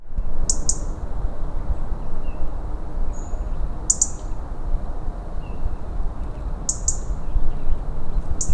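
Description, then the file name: European robin making brief, very high thin call notes every few seconds, with a few fainter notes between, over a heavy low rumbling background. "Erithacus rubecula"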